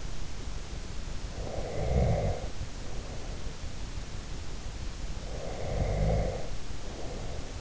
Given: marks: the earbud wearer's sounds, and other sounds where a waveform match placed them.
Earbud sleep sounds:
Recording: sounds in sleep by an in-ear microphone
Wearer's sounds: snoring breath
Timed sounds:
1.27-3.64 s: snoring breath
5.21-7.61 s: snoring breath

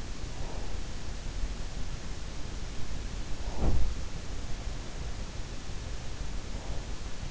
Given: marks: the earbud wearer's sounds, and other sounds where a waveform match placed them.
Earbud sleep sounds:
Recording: sounds in sleep by an in-ear microphone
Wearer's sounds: breath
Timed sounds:
0.00-1.07 s: breath
3.26-4.22 s: breath
3.40-4.08 s: sound from someone else or the room
6.30-7.30 s: breath

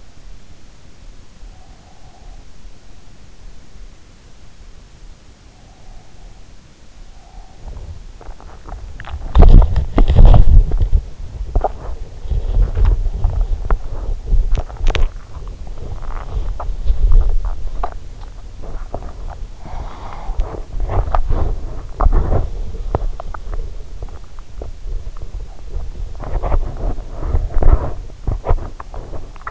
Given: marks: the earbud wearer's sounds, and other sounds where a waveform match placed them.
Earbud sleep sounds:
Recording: sounds in sleep by an in-ear microphone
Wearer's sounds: breath, body movement, swallowing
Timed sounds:
1.52-2.43 s: breath
5.54-7.98 s: breath
7.60-29.51 s: body movement
14.51-17.95 s: swallowing

